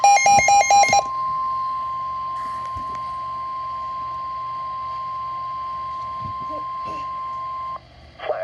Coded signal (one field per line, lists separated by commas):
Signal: Emergency Alert System (SAME) tones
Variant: 1050 Hz attention tone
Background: speech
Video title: Flash flood warning EAS #2